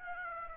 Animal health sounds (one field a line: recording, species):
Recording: mosquito wingbeat signal from an infrared sensor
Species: Aedes aegypti